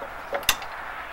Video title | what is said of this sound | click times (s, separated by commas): Jaws Of Ice Auger Carrier by Excel-Outdoors | hear it clicking? That's a locking mechanism that's going to keep this from being able to move. | 0.3 s, 0.5 s